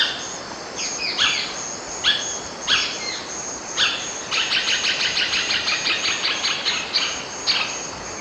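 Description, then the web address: Olive-backed foliage-gleaner calls: several harsh notes, then a fast, even chattering rattle for about two and a half seconds, followed by further single notes, with insect hiss throughout. A pair calling together, recorded in the eastern lowlands of South America. "Natures Songs S America Eastern Lowlands. Automolus infuscatus, calls pair"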